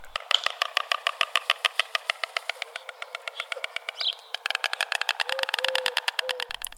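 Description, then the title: White Stork bill clattering: a dry, wooden rattle of rapid pulses that speeds up in the second half. Austria. "weissstroch ranger radio"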